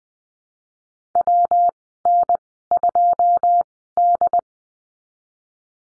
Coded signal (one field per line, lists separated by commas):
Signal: Morse code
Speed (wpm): 20 wpm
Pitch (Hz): 700 Hz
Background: none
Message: WN2D